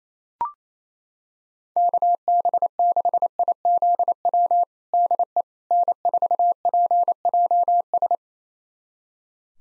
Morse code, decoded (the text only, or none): KB6IZW DE N4PJS